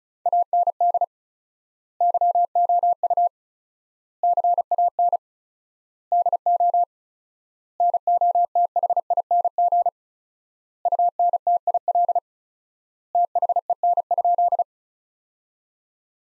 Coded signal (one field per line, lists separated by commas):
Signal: Morse code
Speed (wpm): 36 wpm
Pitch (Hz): 700 Hz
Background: none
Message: AND YOU CAN DO NOTHING UNTIL THEN?